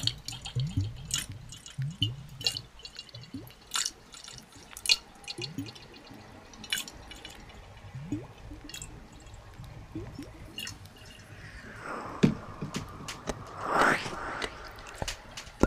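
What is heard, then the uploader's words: Wet, watery sounds with frequent short taps and drips, irregular and fairly dense throughout. Soft low thumps and bubbly gurgles sit underneath, and near the twelve- and fourteen-second marks a louder, brighter burst of tapping and squeaky rubbing stands out. NO TALKING OR WHISPERING.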